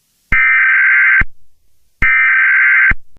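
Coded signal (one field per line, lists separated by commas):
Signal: Emergency Alert System (SAME) tones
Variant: header bursts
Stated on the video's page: Fictional EAS scenario made for entertainment.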